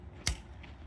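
A new windshield wiper blade is pushed onto the metal wiper arm hook until its plastic adapter locks in place. A single sharp click sounds at 0.3 s, followed by a faint tick at 0.6 s, and the blade is seated on the arm.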